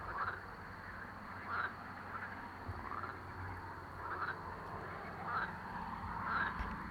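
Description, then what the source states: Frogs croaking together in a dense chorus, with brief louder calls popping up roughly every second above a continuous low rumble. Several frogs calling together as a chorus.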